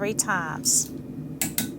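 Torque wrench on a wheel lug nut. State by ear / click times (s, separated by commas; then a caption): torque reached / 1.4 s, 1.6 s. Someone talks while going around the lug nuts a third time with a torque wrench during a Model 3 tire rotation. The wrench gives short sharp clicks at 1.4 s and 1.6 s as it reaches its setting on a wheel lug nut. The clicks confirm the nut is tight and secure.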